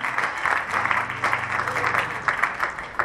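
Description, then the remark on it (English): A church audience claps to celebrate Jesus during a worship service, steadily for about three seconds, a dense, continuous patter of many hands at a fairly loud, even level, with a faint low murmur of voices underneath. “So, can you clap your hands one more time?”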